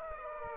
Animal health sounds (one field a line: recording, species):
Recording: mosquito wingbeat signal from an infrared sensor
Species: Aedes aegypti